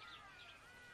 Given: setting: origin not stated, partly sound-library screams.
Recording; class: one-second piece from a danger detection set; normal situation